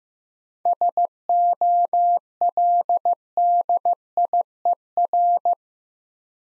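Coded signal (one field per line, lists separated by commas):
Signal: Morse code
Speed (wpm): 15 wpm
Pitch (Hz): 700 Hz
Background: none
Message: SOLDIER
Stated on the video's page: Morse practice of 7-letter words at 15wpm, each word sent twice, for head-copy training.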